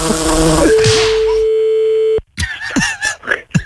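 A housefly's buzzing drone with a thin tonal hum, heard over a loud noisy wash. A long steady tone holds for a moment, then cuts to short, warbling chirps and clicks.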